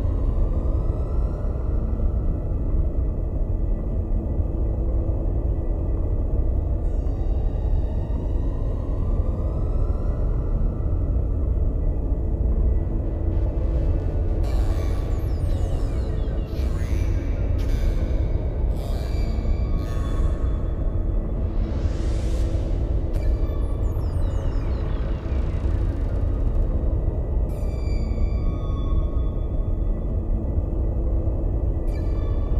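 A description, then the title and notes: Steady, dense low roar of space noise with rising whistling sweeps and bright bursts between fifteen and twenty-seven seconds. Space sounds, space noises, white noise.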